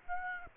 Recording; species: mosquito wingbeat signal from an infrared sensor; Aedes aegypti